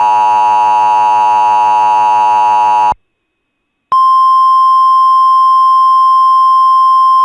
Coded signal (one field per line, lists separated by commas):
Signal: Emergency Alert System (SAME) tones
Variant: 853 and 960 Hz attention tone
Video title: The Motown Flash Flood Event | EAS Mock #24